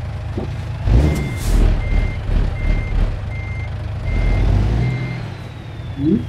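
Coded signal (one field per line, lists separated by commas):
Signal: none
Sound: truck reversing beeps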